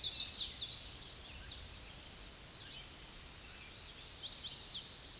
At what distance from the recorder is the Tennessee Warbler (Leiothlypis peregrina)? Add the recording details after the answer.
about 30 m. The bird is about 5 m above the microphone. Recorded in a Pennsylvania forest on 16 May 2024 at 06:54. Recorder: AudioMoth, point MSD-2257. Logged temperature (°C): 16.0 °C. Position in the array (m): 167 m, 190 m